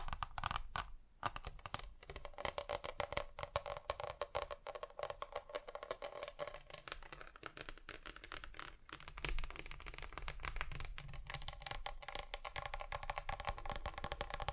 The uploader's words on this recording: ASMR Just Tapping (Different Surfaces No Talking).